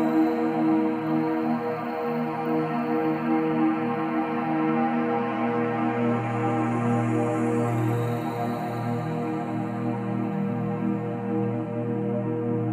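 A steady, sustained tone drone with many stacked pitches humming together, from a low hum up through bright upper layers. The level holds even throughout with only slight slow wavering, and no separate events or background sounds break the continuous wash.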